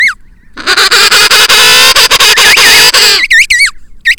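Penguin bray, a loud harsh drawn-out blast with a wavering tone, followed by several short ringing, up-and-down harmonic notes in quick succession.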